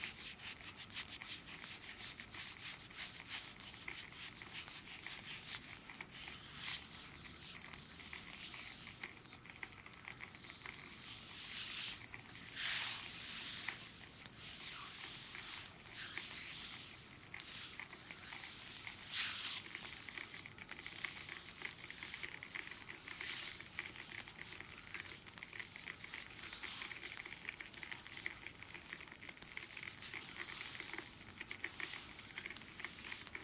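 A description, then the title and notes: Steady rubbing and brushing against skin, with soft patting and hiss-like strokes that swell in brighter bursts every few seconds throughout. Relaxing front massage with a new technique. ASMR front massage.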